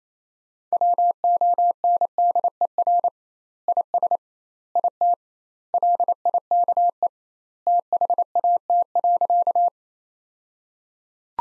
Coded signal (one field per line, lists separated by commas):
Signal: Morse code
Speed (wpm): 27 wpm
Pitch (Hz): 700 Hz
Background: none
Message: WONDER IS IT LIKE THAT.